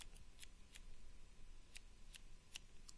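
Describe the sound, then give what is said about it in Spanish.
The dial of a Canon camera is turned to the right to set the aperture to f/9, giving about seven small, crisp clicks at uneven intervals, with a pause in the middle. The clicks are faint and dry, with no talking. “En este caso mi aguja está hacia la derecha y la vamos a girar hacia la derecha. ¿Cuánto? Les dije, ya son dos pasos, o sea, seis clics.”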